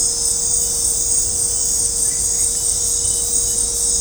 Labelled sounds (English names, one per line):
none